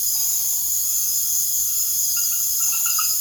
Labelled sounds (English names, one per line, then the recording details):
none
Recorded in secondary vegetation near Puerto Asís, Putumayo, Colombia, on 21 March 2025 at 20:00
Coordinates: 0.489, -76.322
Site G042